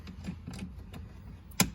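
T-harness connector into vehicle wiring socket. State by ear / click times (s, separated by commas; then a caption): seated / 1.6 s. A VS2 plastic T-harness connector on a Ram 3500 is plugged back into the vehicle wiring socket during a plug-and-play remote start install. Faint rattling and shuffling comes first, then a loud, sharp snap at 1.6 s as the connector seats home. No one talks.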